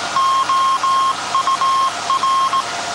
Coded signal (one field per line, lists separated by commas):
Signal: Morse code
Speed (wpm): 18 wpm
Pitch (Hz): 1070 Hz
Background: none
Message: OUR